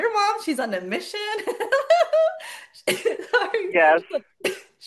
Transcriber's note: laughs